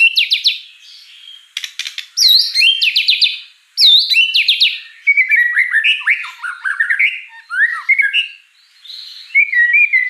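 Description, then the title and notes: White-rumped shama singing rich, rapidly changing phrases: high rising and falling whistles, buzzy trills and quick slurred notes, with brief gaps between bursts. Lure audio meant to provoke singing, described as gacor (actively singing) with rich, elaborate isian (mimicked fill phrases). "Pancingan Gacor Murai Batu Bongkar Isian Mewah. Audio Murai Batu Dongfeng"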